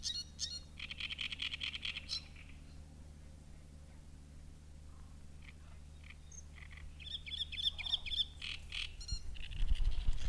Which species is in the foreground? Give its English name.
Great Reed Warbler